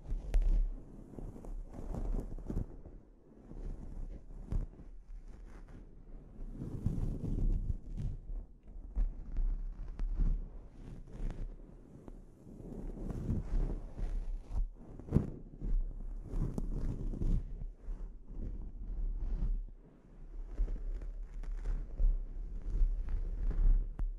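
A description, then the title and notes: A scalp treatment with uneven, low rubbing and rustling that swells and fades every few seconds, broken by occasional sharp clicks, one near fifteen seconds. ASMR Sleep Inducing Scalp Treatment (No Talking).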